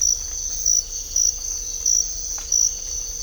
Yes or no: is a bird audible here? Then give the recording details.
no. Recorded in dense forest near Puerto Asís, Putumayo, Colombia, on 18 December 2024 at 05:30. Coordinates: 0.500, -76.322. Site G053